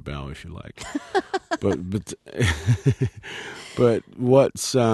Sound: soundbite of laughter

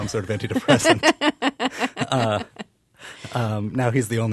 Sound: soundbite of laughter

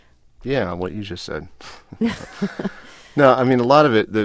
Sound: soundbite of laughter

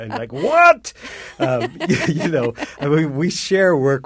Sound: soundbite of laughter

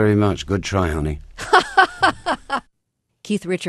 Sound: soundbite of laughter

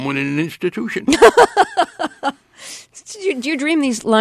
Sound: laughter

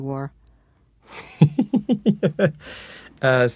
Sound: soundbite of laughter

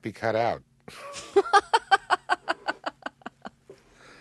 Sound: soundbite of laughter

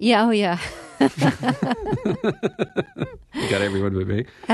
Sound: soundbite of laughter

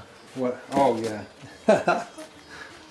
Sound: soundbite of laughter

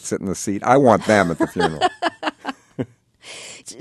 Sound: soundbite of laughter

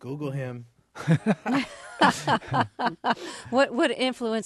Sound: soundbite of laughter

